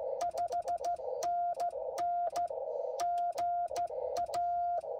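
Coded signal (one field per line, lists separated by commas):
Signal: Morse code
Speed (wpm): 15 wpm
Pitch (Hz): 700 Hz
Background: none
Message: 5NN GA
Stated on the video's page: CW on a POTA park activation, sent without a key or paddle because the key was forgotten.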